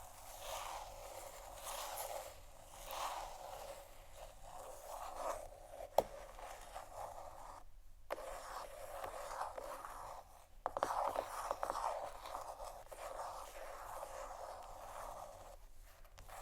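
Fingernails scratch and rub over canisters in a steady, dense stream of soft scraping, brightest in the mid and upper range. A sharp tap lands near six seconds, brief gaps of near silence fall around eight and sixteen seconds, and louder scratching bursts come after ten seconds.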